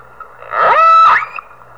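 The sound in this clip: Whale call: a tonal, harmonic moan of under a second that sweeps upward and then holds level, over low steady background hum.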